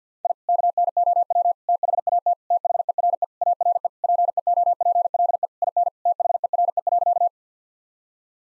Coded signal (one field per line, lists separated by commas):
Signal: Morse code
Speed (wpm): 50 wpm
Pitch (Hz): 700 Hz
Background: none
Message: I KNOW THAT THERE ARE PEOPLE IN THERE.